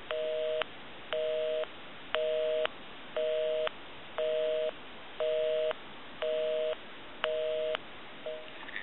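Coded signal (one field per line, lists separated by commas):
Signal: telephone call progress tone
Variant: North America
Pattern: busy tone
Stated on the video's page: Tones heard during initial checkout and repair of a police and fire call box 525B telephone set.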